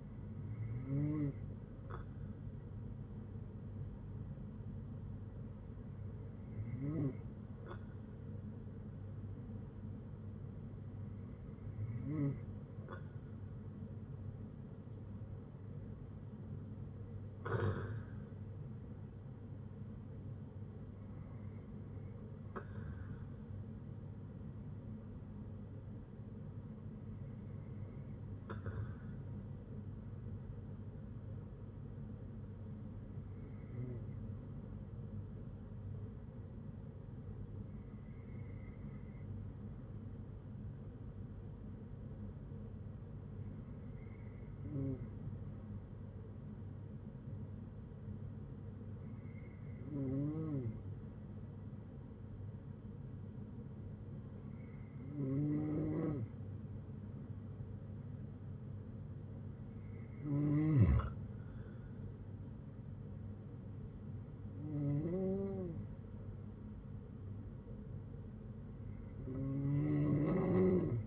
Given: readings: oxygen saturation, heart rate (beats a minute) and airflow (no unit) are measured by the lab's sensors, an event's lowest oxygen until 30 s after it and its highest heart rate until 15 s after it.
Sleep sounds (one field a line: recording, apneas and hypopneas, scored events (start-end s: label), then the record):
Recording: breathing in sleep by a smartphone at the bedside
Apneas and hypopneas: none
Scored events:
14.00-44.00 s: new sleep stage, N3 (deep sleep)
44.00-71.07 s: new sleep stage, N2 (light sleep)
From the record:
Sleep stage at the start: N2 (light sleep)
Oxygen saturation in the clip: 94 to 95%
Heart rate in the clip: 57 to 72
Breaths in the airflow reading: 13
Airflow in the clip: -7.7 to 6.9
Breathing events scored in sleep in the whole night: 182 in 7.4 hours asleep